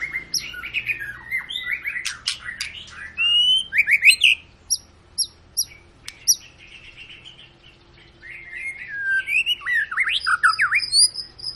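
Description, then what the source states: White-rumped shama song, dense and varied: fast chirps and clicks, loud sweeping whistles, a brief lull, then another burst of rapid jumbled notes. Long song used as a lure to make other birds sing; "gacor" means a bird singing continuously.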